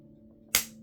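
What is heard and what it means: The lower arm joint of a plastic combiner robot toy is forced until it locks, with a single sharp snap at 0.6 s over a faint steady low hum. The joint seats and locks into place.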